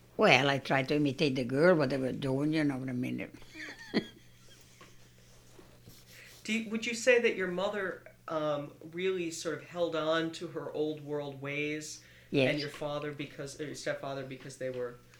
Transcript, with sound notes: Well, I tried to imitate the girls, what they were doing, you know what I mean. ( she laughs )
Would you say that your mother really sort of held onto her old-world ways, and your father because, your step-father, because they were,